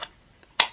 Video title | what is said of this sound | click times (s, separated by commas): Sanrenmu POISED S708-1 ✔️ Budget Messer für Bushcraft & Outdoor | As you can hear, the knife really snaps into place very cleanly. | 0.6 s